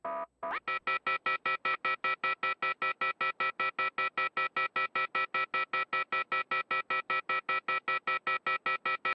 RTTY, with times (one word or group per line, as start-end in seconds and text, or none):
none